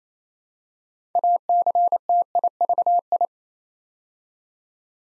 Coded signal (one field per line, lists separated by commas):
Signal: Morse code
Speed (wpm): 27 wpm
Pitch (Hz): 700 Hz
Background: none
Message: ACTIVI